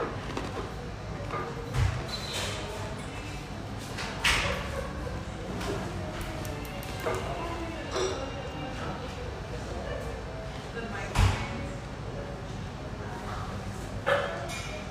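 Steady murmur of voices fills the espresso house, broken by sharp clinks and thuds near two, four, eleven and fourteen seconds.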